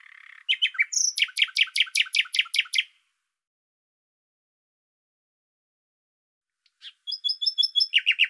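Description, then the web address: Bird song: a rapid rattling trill of repeated notes lasting about two seconds, then a long silence before a second high, rattling phrase begins. "Deverinetal 2025"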